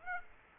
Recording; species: mosquito wingbeat signal from an infrared sensor; Aedes aegypti